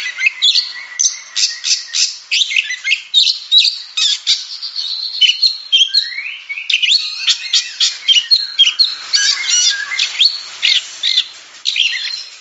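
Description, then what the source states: Oriental magpie-robin song of rapid varied phrases, buzzy chirps and quick whistled slurs, with a short dip in loudness midway before the torrent resumes. Champion singing bird.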